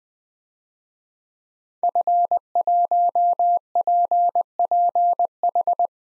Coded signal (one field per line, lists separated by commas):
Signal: Morse code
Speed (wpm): 20 wpm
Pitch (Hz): 700 Hz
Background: none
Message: F1PPH